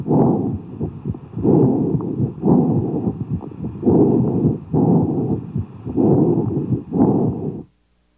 Breath sounds over a cavity in the lung. Sounds are also called amphorous breath sounds. Expiration is equal in length to inspiration, but lower in pitch. There is a pause between inspiration and expiration, and the heart tones are audible.